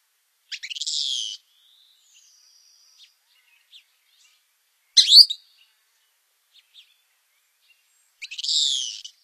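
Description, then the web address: Thick-billed Kingbird calls: harsh rasping burry notes, one short sharp stuttered note between two longer buzzy ones, separated by quiet gaps with faint ticks. "Songs of Birds of North America Stokes. Thick-billed Kingbird"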